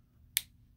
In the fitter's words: satisfying snap that